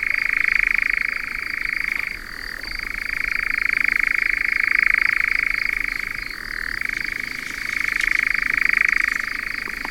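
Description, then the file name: European nightjar churring song, a continuous mechanical rattling trill that steps down in pitch briefly around two and six seconds before resuming its steady drone. "Engoulevent d Europe"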